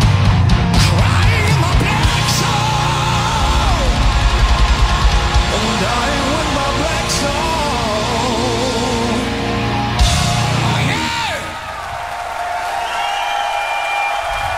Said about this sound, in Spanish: Qué ovación, para la noche de las gárgolas, ¿no? Era para nosotros, ¿no?